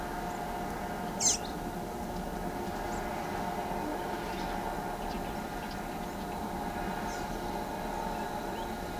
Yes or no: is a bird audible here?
yes